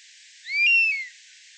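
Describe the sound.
Common buzzard giving a single clear, drawn-out mew that rises slightly and then falls away, against a soft background hiss.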